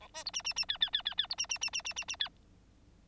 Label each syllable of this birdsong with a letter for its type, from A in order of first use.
A B C D D D E E E E E C D D D D D D D E